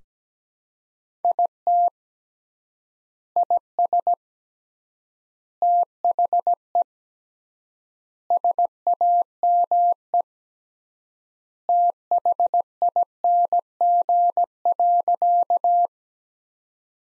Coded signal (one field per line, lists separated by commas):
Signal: Morse code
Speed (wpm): 17 wpm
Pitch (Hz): 700 Hz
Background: none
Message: IT IS THE SAME THING.